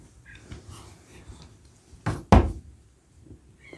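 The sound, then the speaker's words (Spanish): Two sharp knocks on a wooden door, the second louder, landing in quick succession over a faint, steady background hush with no one speaking; the wolf knocking on the grandmother's door in the story of Little Red Riding Hood. “golpeó la puerta.”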